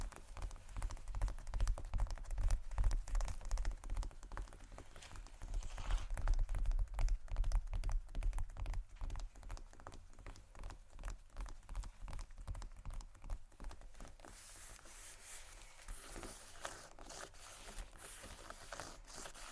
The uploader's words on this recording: ASMR Tapping & Scratching Luxury Leather Bags（No Talking）.